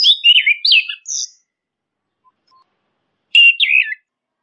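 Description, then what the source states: Orange-headed thrush song with fast, slurred, wavering whistles in two bursts, a pause of about two seconds between them. Training (masteran) recording used to teach songbirds, labelled Anis Kembang, also called punglor kembang.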